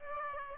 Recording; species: mosquito wingbeat signal from an infrared sensor; Aedes aegypti